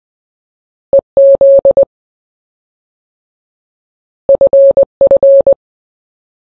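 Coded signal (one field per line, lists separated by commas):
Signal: Morse code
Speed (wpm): 20 wpm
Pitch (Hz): 550 Hz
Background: none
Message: EZ FF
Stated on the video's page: Gaming chat terms rendered in Morse code as a sound effect.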